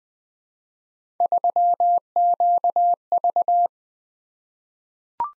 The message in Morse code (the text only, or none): 3QV